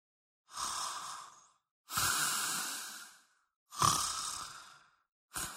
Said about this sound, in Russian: Взяв свободную руку свечу со стола, я двинулась на храп. А это точно был храп.